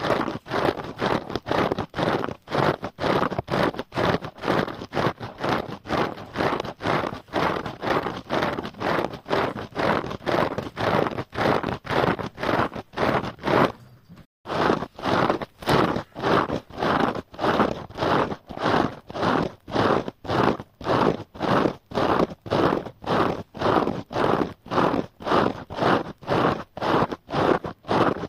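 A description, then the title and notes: A scrub sponge rubs back and forth in fast, steady, rough strokes, with one brief pause near the middle before resuming. SCRUB SPONGES ASMR. ASMR including sounds of rubbing and scratching scrub sponges.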